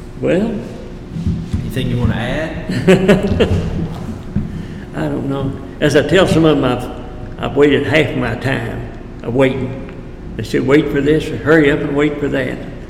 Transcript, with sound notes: Well…
Anything you want to add?
[Laughing] I don’t know. As I tell some of them I’ve, I’ve waited half of my time awaiting, I said wait for this, of hurry up and wait for that.